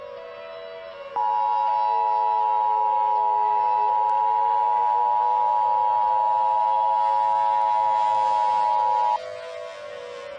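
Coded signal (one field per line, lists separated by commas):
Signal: Emergency Alert System (SAME) tones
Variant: 853 and 960 Hz attention tone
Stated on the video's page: EAS scenario, a fictional nuclear supervolcano alert.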